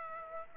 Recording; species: mosquito wingbeat signal from an infrared sensor; Aedes aegypti